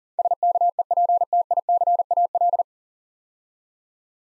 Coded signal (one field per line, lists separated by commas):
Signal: Morse code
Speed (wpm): 40 wpm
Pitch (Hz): 700 Hz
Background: none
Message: SKEPTICAL